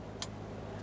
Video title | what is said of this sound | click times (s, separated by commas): How to Replace Fuel Pump 2010-2013 Kia Forte Koup 2.4L L4 | continue on with your electrical wiring harnesses here we'll take this one press it and listen for a click | 0.2 s